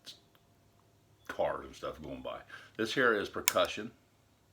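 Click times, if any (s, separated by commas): none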